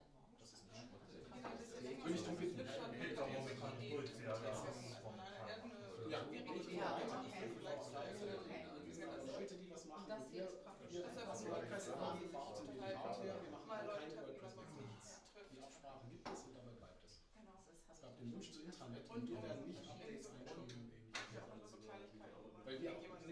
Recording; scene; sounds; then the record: everyday scene through a hearing-aid microphone; many people talking; many voices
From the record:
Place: bistro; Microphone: in the ear canal, right